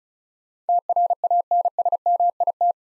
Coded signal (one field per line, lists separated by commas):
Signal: Morse code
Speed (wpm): 36 wpm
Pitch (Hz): 700 Hz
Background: none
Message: TRANSMIT